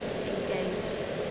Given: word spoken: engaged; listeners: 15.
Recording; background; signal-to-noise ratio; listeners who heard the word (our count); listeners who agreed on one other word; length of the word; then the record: one English word in noise, from a listening test; speech-shaped noise; -5.4 dB; 1 of 15; 13 of 15; 0.91 s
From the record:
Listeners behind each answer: 13, 1, 1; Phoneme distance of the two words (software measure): 7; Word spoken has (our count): 2 syllables, 6 phonemes, stress on syllable 2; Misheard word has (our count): 2 syllables, 5 phonemes, stress on syllable 2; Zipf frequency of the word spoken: 4.22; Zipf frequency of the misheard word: 4.13